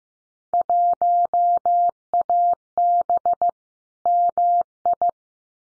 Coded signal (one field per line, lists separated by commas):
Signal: Morse code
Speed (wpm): 15 wpm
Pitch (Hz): 700 Hz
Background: none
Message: 1AB MI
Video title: Field Day Exchange Encore 15wpm